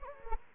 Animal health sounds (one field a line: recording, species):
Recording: mosquito wingbeat signal from an infrared sensor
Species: Anopheles gambiae